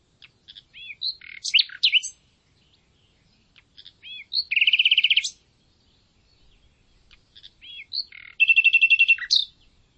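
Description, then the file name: Common nightingale song: three phrases of curling whistles and chips, the last two each ending in a loud, fast, buzzing rattle of repeated notes. "Luscinia megarhynchos"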